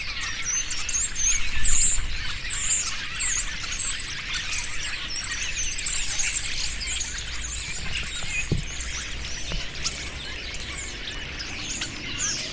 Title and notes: Estorninos En Alt Empordà. Por la tarde los estorninos descansan en los árboles y como siempre, lo hacen todos juntos